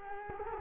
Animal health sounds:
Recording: mosquito wingbeat signal from an infrared sensor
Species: Culex quinquefasciatus

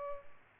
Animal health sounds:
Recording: mosquito wingbeat signal from an infrared sensor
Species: Culex pipiens

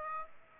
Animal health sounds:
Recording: mosquito wingbeat signal from an infrared sensor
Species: Aedes aegypti

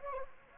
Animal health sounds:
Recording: mosquito wingbeat signal from an infrared sensor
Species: Anopheles gambiae

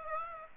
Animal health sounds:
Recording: mosquito wingbeat signal from an infrared sensor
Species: Aedes aegypti

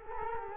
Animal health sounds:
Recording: mosquito wingbeat signal from an infrared sensor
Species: Culex quinquefasciatus

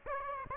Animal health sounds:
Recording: mosquito wingbeat signal from an infrared sensor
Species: Aedes aegypti

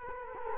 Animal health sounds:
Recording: mosquito wingbeat signal from an infrared sensor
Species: Culex quinquefasciatus

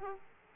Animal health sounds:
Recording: mosquito wingbeat signal from an infrared sensor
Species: Aedes aegypti

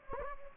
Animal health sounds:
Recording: mosquito wingbeat signal from an infrared sensor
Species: Anopheles gambiae

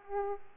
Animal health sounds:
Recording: mosquito wingbeat signal from an infrared sensor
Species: Culex pipiens

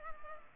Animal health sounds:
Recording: mosquito wingbeat signal from an infrared sensor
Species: Culex pipiens

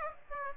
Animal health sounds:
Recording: mosquito wingbeat signal from an infrared sensor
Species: Aedes aegypti

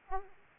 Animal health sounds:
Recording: mosquito wingbeat signal from an infrared sensor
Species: Aedes aegypti

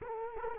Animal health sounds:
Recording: mosquito wingbeat signal from an infrared sensor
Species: Culex quinquefasciatus

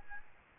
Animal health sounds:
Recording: mosquito wingbeat signal from an infrared sensor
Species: Aedes albopictus

